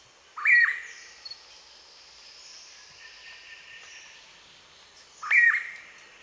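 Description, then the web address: Blue pitta giving a loud whistled call that rises then drops, repeated about five seconds later, over a steady high background hum. "blue pitta. صدای-پرنده-پیتای-کبود"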